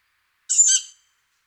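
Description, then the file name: Tawny owl giving a single harsh, hissing screech, about half a second long, with no other sounds around it. "hulotte"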